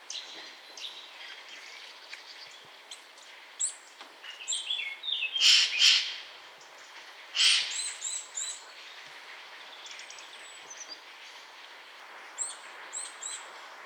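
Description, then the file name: Eurasian nuthatch calls: sharp high chirps and short bursts scattered throughout, loudest in a cluster around the middle. "Sitta europaea"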